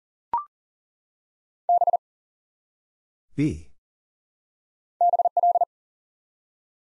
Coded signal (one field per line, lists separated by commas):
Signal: Morse code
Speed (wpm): 37 wpm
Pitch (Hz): 700 Hz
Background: none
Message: B BL